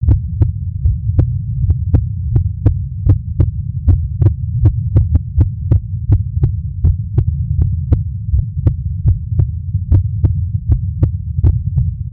Real heart beat.